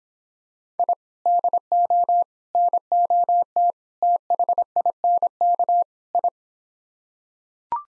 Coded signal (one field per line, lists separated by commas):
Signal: Morse code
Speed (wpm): 26 wpm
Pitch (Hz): 700 Hz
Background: none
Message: I DO NOT THINK I